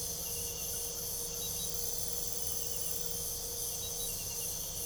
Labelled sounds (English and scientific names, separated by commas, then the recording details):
none
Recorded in pastures near Puerto Asís, Putumayo, Colombia, on 26 December 2024 at 01:00
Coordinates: 0.497, -76.327
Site G088